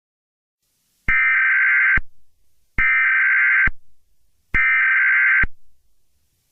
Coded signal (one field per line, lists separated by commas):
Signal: Emergency Alert System (SAME) tones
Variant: header bursts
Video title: EAS Scenario 3 (The Piggy Infection Outbreak)